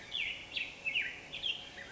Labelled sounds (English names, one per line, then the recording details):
Black-headed Grosbeak
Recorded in Sonoma County, California